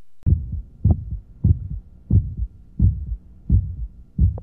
Transducer to the apex, where the ejection sound can be heard closely approximated to S1. Aortic valve stenosis in an adolescent male.